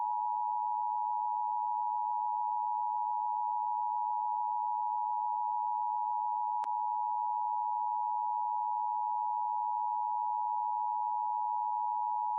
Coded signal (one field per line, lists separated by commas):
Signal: Emergency Alert System (SAME) tones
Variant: 853 and 960 Hz attention tone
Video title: EAS Scenario Yoopa's Shutdown